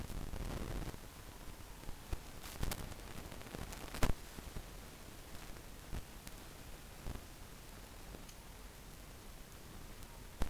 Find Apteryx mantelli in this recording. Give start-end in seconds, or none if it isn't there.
none